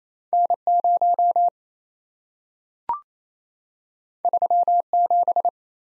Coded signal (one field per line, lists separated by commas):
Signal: Morse code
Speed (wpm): 28 wpm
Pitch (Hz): 700 Hz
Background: none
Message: N0 37